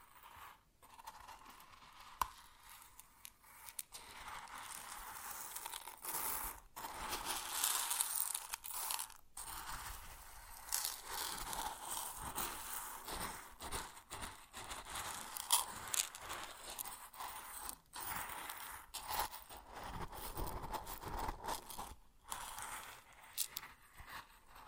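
Grain shifts and pours in a dense, bright rustling hiss, with frequent brief gaps and crunchy scraping that swells and eases throughout.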